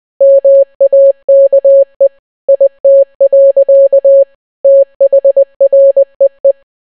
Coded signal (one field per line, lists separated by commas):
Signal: Morse code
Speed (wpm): 20 wpm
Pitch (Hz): 550 Hz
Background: none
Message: MAKE IT. THREE